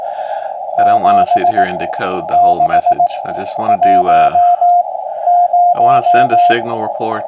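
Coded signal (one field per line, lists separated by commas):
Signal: Morse code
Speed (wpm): 18 wpm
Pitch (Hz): 710 Hz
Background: speech, radio noise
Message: 7610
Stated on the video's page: Saturday morning Parks on the Air operation on an FDX10 with a 71ft end-fed antenna, manual or automatic tuner.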